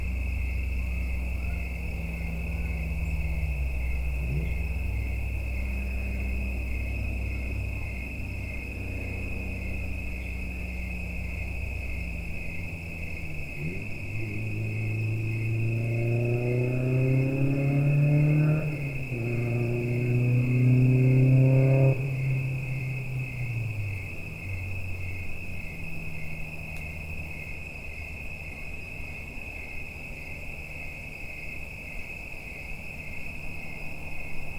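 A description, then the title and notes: Autumn insects hold a steady, high, finely pulsing trill from start to finish. Underneath, a low engine rumble builds and shifts pitch, swelling loudest around the middle as a vehicle passes, then fades back to a soft low hum. Autumn insects on Watts Ranch. Recorded by Neal Johnson.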